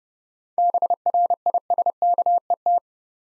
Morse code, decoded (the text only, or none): BRISKET